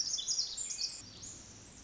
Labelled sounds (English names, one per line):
Pacific Wren